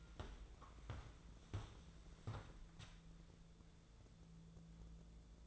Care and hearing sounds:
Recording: daily activity, microphone in the room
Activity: walk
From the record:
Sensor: 3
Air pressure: 1005.5 hPa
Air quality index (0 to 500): 96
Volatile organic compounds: 3 ppm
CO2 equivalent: 1503 ppm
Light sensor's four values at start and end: 10/24/10/9 and 10/23/9/9

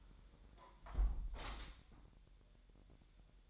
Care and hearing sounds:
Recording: daily activity, microphone in the room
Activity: close window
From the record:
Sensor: 3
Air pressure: 1000.3 hPa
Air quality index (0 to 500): 247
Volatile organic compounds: 169 ppm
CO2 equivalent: 4103 ppm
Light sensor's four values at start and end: 10/25/10/10 and 10/23/9/9

